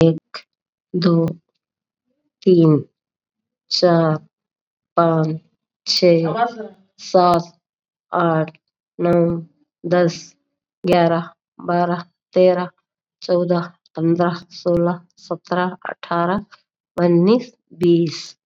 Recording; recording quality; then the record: counting at a normal pace; excellent, no background noise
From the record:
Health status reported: COVID-19 positive, mild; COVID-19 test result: positive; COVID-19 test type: RT-PCR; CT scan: not taken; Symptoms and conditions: cough, fever, fatigue, muscle pain, diabetes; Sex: female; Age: 58 years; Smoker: no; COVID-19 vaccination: both doses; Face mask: worn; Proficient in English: yes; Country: India